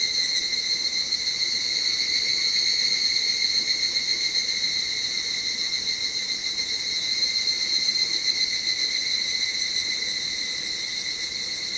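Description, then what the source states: Evening cicada song, a steady ringing trill with rapid pulsing swells, bright high tones holding throughout with no pause. Recorded 25 July 2010.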